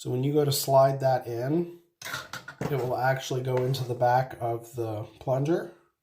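A plastic pop-up drain piece from a Glacier Bay Sadira bathroom faucet is being handled while someone talks, about to be slid into the back of the drain plunger. Nothing has seated or clicked yet.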